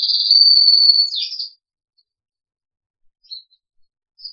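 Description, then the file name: Crested canary giving one long, steady high whistle ending in a burst of chirps, followed by quiet with a few faint notes. "audio kenari jambul"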